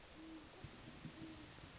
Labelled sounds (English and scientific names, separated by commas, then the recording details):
Great Horned Owl (Bubo virginianus)
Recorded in Sonoma County, California